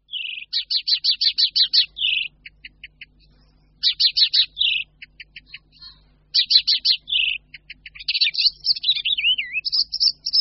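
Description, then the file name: Icterine warbler song: bursts of rapid repeated chattering notes alternating with short pauses, buzzy trills and a few slurred whistles near the end. "Sedmihlásek hajní"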